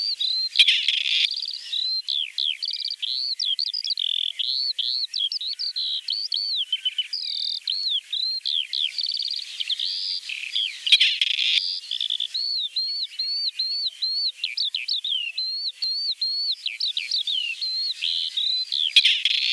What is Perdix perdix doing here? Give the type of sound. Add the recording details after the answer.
song. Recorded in the wild. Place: Waltershofen / Freiburg im Breisgau, Baden-Württemberg, DE. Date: 1976-07-03. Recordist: Schwarz, Dieter